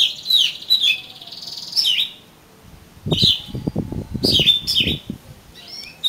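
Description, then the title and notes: Oriental magpie-robin: bird song of whistled, slurred phrases, interrupted midway by a burst of low fluttering wing beats or rustling. "suara kacer. kumpulan suara burung kacer"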